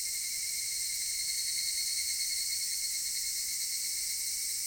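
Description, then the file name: Cicada buzzing: a steady shrill, even hissing drone with a sustained high tone. Recorded in Japan. "Cigales nippon"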